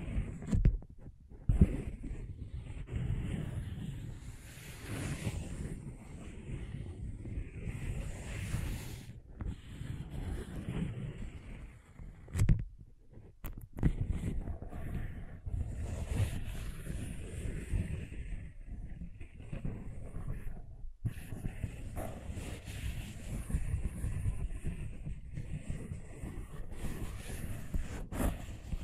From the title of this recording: Scratching & Tracing